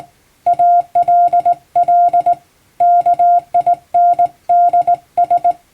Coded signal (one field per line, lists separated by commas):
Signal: Morse code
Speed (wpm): 19 wpm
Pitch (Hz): 700 Hz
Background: none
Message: ALL KINDS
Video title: 毎日聴いてモールストレーニング！アマチュア無線ハムの受信練習用に綺麗な手打ちで平文の欧文モールス信号を叩いてみました。YouTubeの再生速度を調整して聴こう(morse code learning)